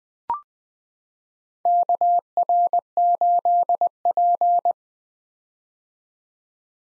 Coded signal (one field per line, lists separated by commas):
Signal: Morse code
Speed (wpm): 20 wpm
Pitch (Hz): 700 Hz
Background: none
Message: KR8P